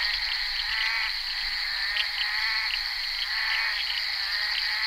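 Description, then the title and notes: Bullfrogs croaking in a thick, blurred chorus, individual calls hard to separate, with a steady shrill tone throughout. Recorded during the filming of Henri Duparc's film Bal poussière, February 1988. "crapaux buffle. enregistré sur le tournage Bal poussière dhenri duparc en février 1988"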